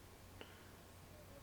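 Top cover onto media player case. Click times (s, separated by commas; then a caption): 0.4 s. The top plastic cover of a Microsoft Zune 80GB media player is snapped onto the case after the screws go back in. A single short, sharp snap is heard at 0.4 s over a low, steady background hum. The cover is seated and the player is ready to go.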